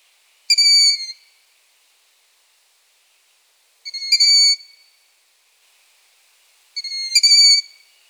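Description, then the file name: Long-eared owl chick calls: three high-pitched, wheezy squeals with rich harmonics, each under a second long, repeated roughly every three seconds in an otherwise quiet setting. Calls of young long-eared owls (chicks). "Asio-otus hlas-mláďat"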